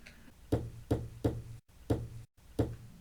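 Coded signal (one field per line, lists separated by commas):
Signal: bell signal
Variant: UK Absolute Block bell code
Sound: five short ringing bell strokes, three quickly then two spaced singles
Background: low hum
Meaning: Repeating the Is Line Clear code back acknowledges and accepts the train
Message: 3-1-1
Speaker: We repeat the bell code back to Green Lane to acknowledge it and accept the train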